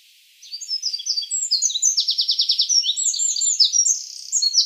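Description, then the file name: Eurasian wren pouring out a fast, piercing song of high notes broken by machine-gun trills, continuing to the end. "Troglodytes troglodytes"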